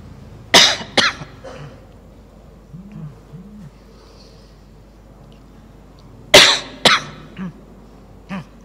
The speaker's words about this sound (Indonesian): Batuk.